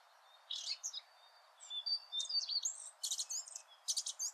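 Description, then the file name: Eurasian blackcap giving short bursts of scratchy chirps and thin whistles, separated by brief gaps. "Sylvia atricapilla"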